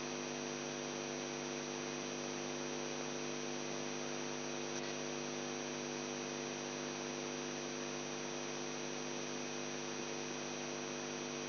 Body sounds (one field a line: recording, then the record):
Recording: brain microelectrode recording played as sound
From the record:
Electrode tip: outside the subthalamic nucleus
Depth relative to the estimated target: -2 mm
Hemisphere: left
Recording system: AlphaMap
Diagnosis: Parkinson's disease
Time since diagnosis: 11 years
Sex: male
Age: 42 years